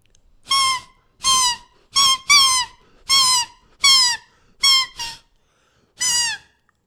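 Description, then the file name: Jay giving harsh, nasal, slightly falling calls, about nine calls over six seconds, some in quick pairs, with quiet gaps between. "edmilson gralha"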